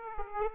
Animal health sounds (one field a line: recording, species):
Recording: mosquito wingbeat signal from an infrared sensor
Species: Aedes aegypti